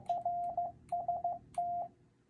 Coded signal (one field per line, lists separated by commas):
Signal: Morse code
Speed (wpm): 15 wpm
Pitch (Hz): 700 Hz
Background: radio noise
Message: RST